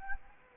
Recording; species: mosquito wingbeat signal from an infrared sensor; Anopheles gambiae